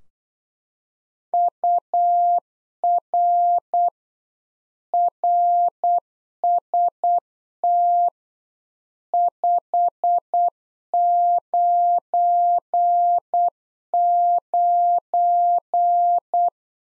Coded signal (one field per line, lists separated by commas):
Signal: Morse code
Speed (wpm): 8 wpm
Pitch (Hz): 700 Hz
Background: none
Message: UR RST 599